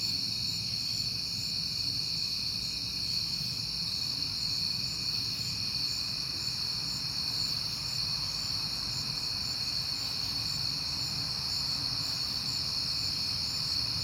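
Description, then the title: Cricket chorus of continuous shrill trilling that holds even throughout, over a soft low rumble. Crickets on a peaceful night in September. "Night Time: Crickets and Passing Cars"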